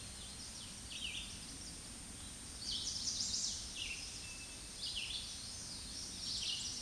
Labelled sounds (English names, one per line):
Red-eyed Vireo song